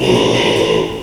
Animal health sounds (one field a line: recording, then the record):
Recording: squeal of a Yucatan mini pig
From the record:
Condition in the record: after surgery on the right vocal fold (resection and tissue-engineered implant)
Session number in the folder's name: 1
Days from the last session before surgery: 6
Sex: male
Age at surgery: 12 weeks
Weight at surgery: 13 kg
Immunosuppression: cyclosporine, prednisolone